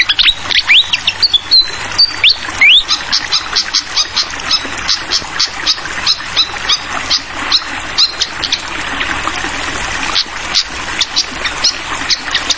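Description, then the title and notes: Fantail song: thin, clear whistles, some rising sharply, over a steady gurgle of flowing water that fills most with rapid splashing clicks. Masteran tutor song for training songbirds: clear-voiced fantail song with the sound of flowing water. "Masteran Sikatan Kipas Suara Jernih Dan Suara Gemericik Air. Suara Burung Sikatan Londo"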